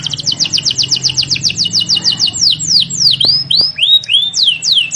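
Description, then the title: Canary song with a quick run of high repeated notes, then sweeping, swooping whistles that fall and rise in pitch. Used as a lure to get lazy, silent canaries singing constantly. "mster Mnuk. PANCINGAN KENARI MALES BUNYI JADI GACOR"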